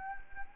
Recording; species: mosquito wingbeat signal from an infrared sensor; Anopheles arabiensis